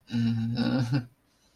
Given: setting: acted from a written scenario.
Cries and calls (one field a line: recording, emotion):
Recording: vocal sound without words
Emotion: guilt